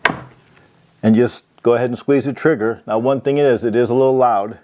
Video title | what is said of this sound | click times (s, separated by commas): Cut Copper Pipe Like a Pro: DEWALT IMPACT CONNECT Copper Pipe Cutter Review | it in here till it clicks, and | 0.1 s